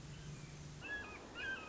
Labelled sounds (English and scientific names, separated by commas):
Red-shouldered Hawk (Buteo lineatus)